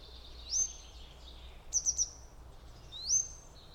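Grey wagtail calls: thin, high rising whistles, plus a quick sharp triple 'tzit-tzit-tzit' in the middle, over a low steady background hum.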